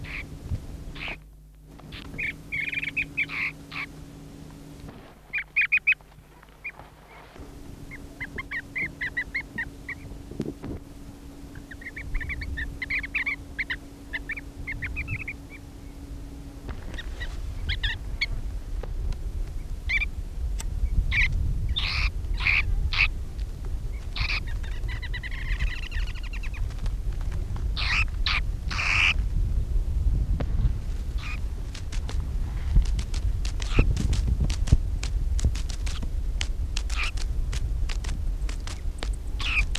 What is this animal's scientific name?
Eremopterix leucotis